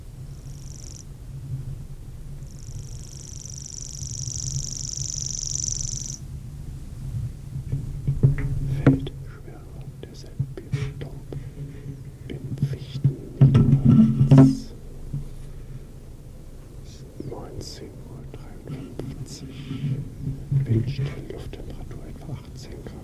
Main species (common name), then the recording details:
Common Grasshopper Warbler. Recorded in the wild. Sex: male. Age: adult. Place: Feldberg - Koldenhof, Mecklenburgische Seenplatte, Mecklenburg, DE. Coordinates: 53.3294, 13.3136. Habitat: mixed forest, clearing. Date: 1976-07-02 19:53. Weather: 18°C, no wind. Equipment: Uher CR 210, Sennheiser MD 421 HL, Verstärker, Reflektor, Kopie Uher 4200. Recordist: Tembrock, Günter. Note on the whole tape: Große Waldlichtung bei Koldenhof (Warsberge). Gesang